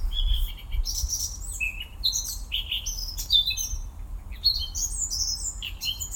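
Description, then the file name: Eurasian blackcap warbling: a jumble of quick, bright notes jumping between high and very high pitches, with a low background hum. "Sylvia atricapilla"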